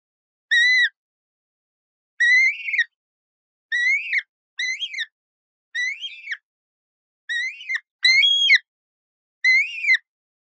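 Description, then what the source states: Yellow-billed kite calling eight times with quavering whistles that swing up and down, irregularly spaced, with no other sounds. Chirp.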